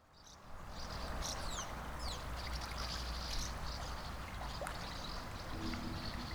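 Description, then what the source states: Swallows give brief twittering, slanting chirps scattered throughout over a steady low rush of flowing water. Swallows hunting over the Rhône under the Pont du Lit du Roi on the Via Rhôna, Massignieu-de-Rives, France, with some rustling of river water.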